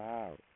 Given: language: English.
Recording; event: throat vibration sensor signal played as sound; speech